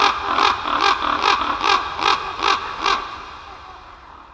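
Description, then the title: Raven calls, a run of seven harsh, rhythmic croaks about every 0.4 seconds, then fading to quiet background hiss. Ravens over their roost in a forest. "Chris Watson - Ravens Over Their Roost In The Forest"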